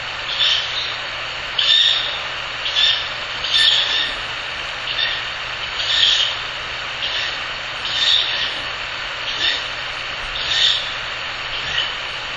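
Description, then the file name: Ural owl chick giving harsh, hissing calls, breathy bursts repeated at short intervals over a steady background hiss. Owl chick (owlet). "フクロウ雛 遠藤"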